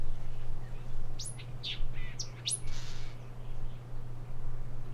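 Thick-billed vireo song: a short burst of quick, sharp, chirpy notes near the middle, set against a steady low hum throughout.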